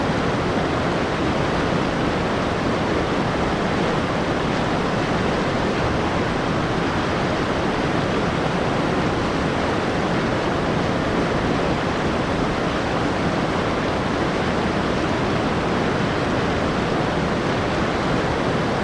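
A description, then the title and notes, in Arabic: The Kawarau River in New Zealand rushes past in a steady, dense roar of churning water that never lets up. The sound is full, weighted toward the low and middle range, with a constant hiss on top and no separate events or other sounds. أصوات النهر. نهر كاواراو الساحر في نيوزيلندا.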